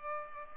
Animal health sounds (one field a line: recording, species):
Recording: mosquito wingbeat signal from an infrared sensor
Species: Culex pipiens